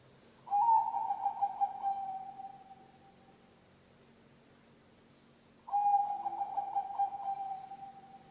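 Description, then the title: Zebra dove song, two long cooing phrases about five seconds apart, each with a bright onset and rippling tail that slowly fades, over a low hum. Bangkok-type zebra dove (perkutut) song, used as a master recording for training birds and as a lure. "mster Mnuk. SUARA OCEHAN BURUNG PERKUTUT BANGKOK Untuk MASTERAN dan PANCINGAN"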